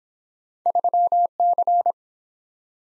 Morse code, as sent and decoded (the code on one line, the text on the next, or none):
...-- -.-.
3C